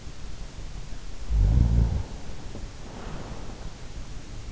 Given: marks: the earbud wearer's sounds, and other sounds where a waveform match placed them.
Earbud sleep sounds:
sounds in sleep by an in-ear microphone; snoring breath
1.16-3.96 s: snoring breath

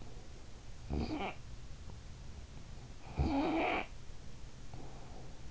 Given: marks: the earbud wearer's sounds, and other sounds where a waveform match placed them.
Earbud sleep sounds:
sounds in sleep by an in-ear microphone; snoring breath
0.46-1.63 s: snoring breath
2.80-4.12 s: snoring breath

